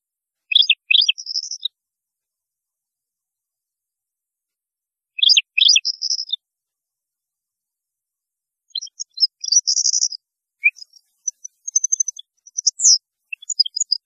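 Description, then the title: European goldfinch song: short twittering phrases, then a longer run of bright liquid chirps and trills near the end, on a silent background. "Chant Chardonneret"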